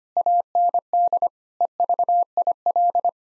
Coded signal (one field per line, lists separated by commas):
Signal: Morse code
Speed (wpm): 25 wpm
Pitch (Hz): 700 Hz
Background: none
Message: AND EVIL